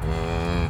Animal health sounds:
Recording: contact call of a hoofed animal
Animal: cattle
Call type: low-frequency (closed-mouth) or high-frequency (open-mouth) call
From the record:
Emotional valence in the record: negative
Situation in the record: full separation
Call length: 0.70 s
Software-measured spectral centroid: 1900 Hz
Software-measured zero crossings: 1150 a second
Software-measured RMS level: -24 dBFS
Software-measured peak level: -12 dBFS

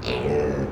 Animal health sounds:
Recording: contact call of a hoofed animal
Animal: pig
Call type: closed-mouth grunt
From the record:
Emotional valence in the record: negative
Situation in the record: short social isolation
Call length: 0.72 s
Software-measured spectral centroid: 1670 Hz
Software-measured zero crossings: 1230 a second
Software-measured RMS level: -24 dBFS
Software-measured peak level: -10 dBFS

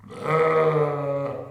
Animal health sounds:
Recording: contact call of a hoofed animal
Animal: sheep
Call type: low-frequency (closed-mouth) or high-frequency (open-mouth) call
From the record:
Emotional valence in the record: negative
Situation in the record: short social isolation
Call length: 1.51 s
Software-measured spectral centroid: 1320 Hz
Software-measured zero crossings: 1280 a second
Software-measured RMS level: -23 dBFS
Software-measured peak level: -9 dBFS

